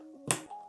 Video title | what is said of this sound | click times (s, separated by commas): How To Build A PC For Complete BEGINNERS! - A Step By Step Guide From START TO FINISH! | you want to push down hard on one side until you hear a click | 0.3 s